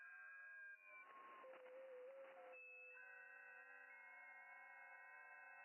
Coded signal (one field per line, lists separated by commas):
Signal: FT8